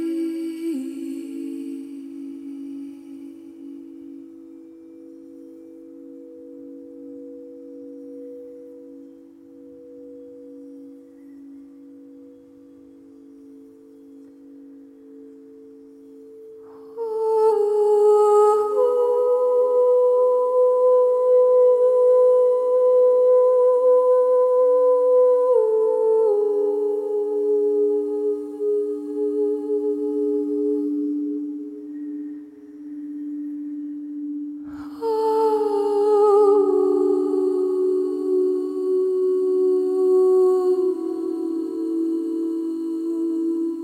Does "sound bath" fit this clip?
yes